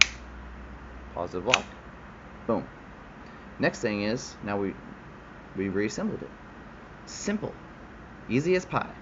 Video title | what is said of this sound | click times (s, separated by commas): Demonstration | you'll hear a click indicating a positive block so push N+ | 0.0 s